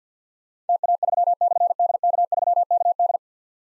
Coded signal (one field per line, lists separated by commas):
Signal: Morse code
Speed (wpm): 53 wpm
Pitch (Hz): 700 Hz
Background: none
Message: TA3/DK3KD